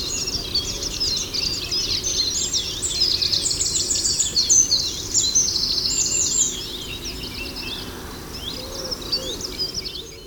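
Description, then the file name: Eurasian wren singing a fast, high-pitched run of buzzy trills and chattering notes for several seconds, then fainter bird notes against constant low noise. "Zaunkoenig"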